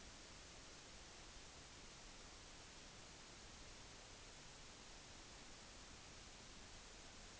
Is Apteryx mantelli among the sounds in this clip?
no